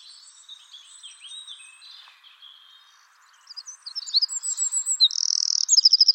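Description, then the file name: Eurasian wren singing, starting faint over a steady background hiss, then rising into loud, very high, rapid trills and a fast rattling finish. "Troglodytes troglodytes"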